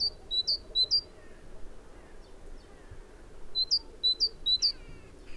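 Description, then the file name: Great tit calls: loud, clipped, upward-hooked notes in two short bursts of a few, separated by a quiet gap. "Parus major"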